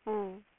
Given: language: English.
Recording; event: throat vibration sensor signal played as sound; speech